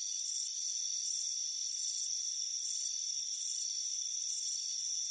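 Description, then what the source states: Chirping cricket, clusters of rapid high trills spaced a little under a second apart, with a thin continuous tone behind. Warm afternoon on a front porch.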